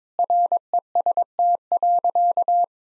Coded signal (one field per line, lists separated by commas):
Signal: Morse code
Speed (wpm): 22 wpm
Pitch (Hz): 700 Hz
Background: none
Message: REST.